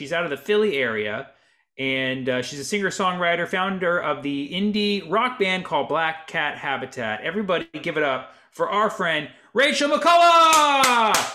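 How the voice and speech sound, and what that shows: An adult announcer speaks clearly and fluently, introducing a singer-songwriter with rising excitement; typical speech.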